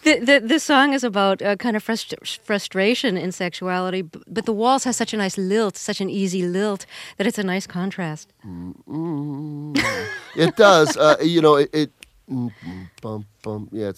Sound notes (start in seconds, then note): 8.4 soundbite of humming; 9.7 laughter